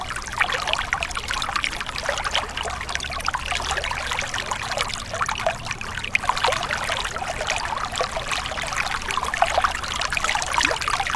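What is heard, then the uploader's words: A forest stream babbles steadily, a dense trickle of splashing and gurgling water with bright, quick droplet detail that never lets up. A faint low rumble comes and goes underneath, strongest around the third and fourth seconds. Stream in the Forest: Serene Water Sounds for Sleep and Relaxation.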